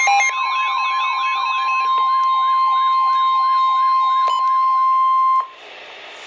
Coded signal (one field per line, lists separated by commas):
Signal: Emergency Alert System (SAME) tones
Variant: 1050 Hz attention tone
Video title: Severe Thunderstorm Warning #7 - 04/09/15 (EAS #862)